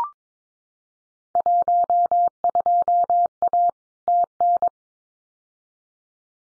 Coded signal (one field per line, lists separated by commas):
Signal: Morse code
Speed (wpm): 22 wpm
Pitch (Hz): 700 Hz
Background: none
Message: 12A TN